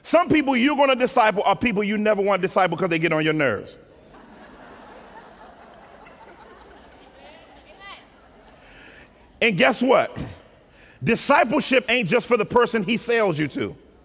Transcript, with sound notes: some people you're going to disciple are people you never wanted to disciple, because they get on your nerves! [laughter] And guess what? Discipleship isn't just for the person He sails you to.